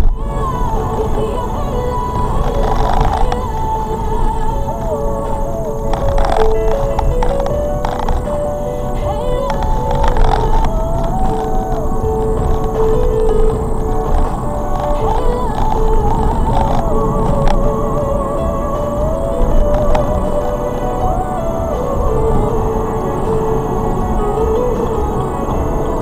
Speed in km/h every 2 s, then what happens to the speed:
50, 40, 40, 45, 50, 53, 56, 64, 69, 71, 72, 71, 72.
0-2 brakes to 40. 4-16 speeds up to 69. 16-26 steady at about 71.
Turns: 0-10.